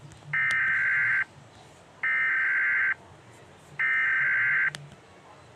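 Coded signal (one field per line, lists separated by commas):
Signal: Emergency Alert System (SAME) tones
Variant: header bursts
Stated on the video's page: Fictional Emergency Alert System scenario alert about a magpie attack.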